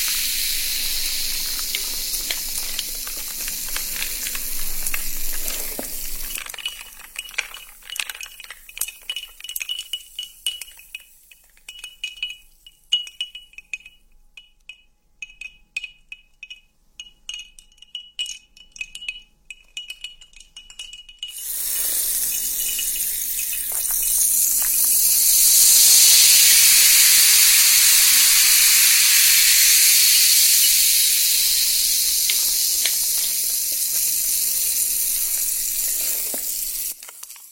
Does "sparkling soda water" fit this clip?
yes